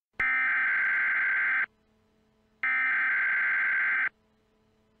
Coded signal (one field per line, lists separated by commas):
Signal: Emergency Alert System (SAME) tones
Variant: header bursts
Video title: EAS MOCK - Evil Darwin Part 1